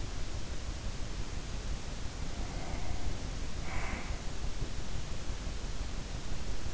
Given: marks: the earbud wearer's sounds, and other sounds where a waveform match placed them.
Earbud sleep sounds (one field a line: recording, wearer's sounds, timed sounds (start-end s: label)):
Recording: sounds in sleep by an in-ear microphone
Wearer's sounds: breath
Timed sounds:
2.15-4.31 s: breath